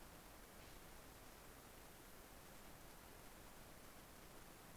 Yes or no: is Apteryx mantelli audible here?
no